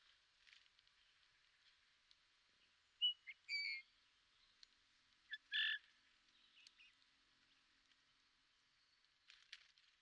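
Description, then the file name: Eurasian bullfinch giving a few short whistled calls, spaced over a few seconds, amid faint background sounds. "Pyrrhula pyrrhula"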